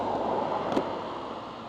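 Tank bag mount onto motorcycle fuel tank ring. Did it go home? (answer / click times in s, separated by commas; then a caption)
no / none. A rider lines up a magnetic motorcycle tank bag's mounting ring with the tank ring on the fuel tank. Steady, broadband wind-like noise fills the clip, with a brief faint rise near 0.8 s. Nothing has clicked into place yet.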